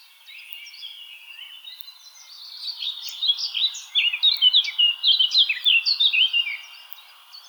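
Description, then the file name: Eurasian blackcap singing: soft scratchy warbling builds into a loud, clear, fluty phrase of varied notes over faint background hiss. "Sylvia atricapilla"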